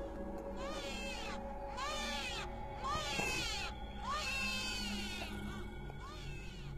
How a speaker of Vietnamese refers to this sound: Mơ hồ trong không gian lại vang lên tiếng khóc của trẻ sơ sinh.